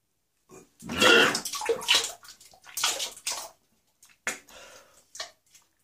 The sound of vomiting with coughing in a man the urge to vomit coughing and regurgitation.